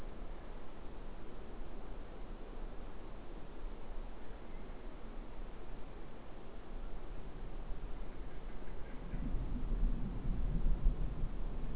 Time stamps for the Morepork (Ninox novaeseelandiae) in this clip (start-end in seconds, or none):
none